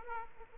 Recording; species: mosquito wingbeat signal from an infrared sensor; Aedes aegypti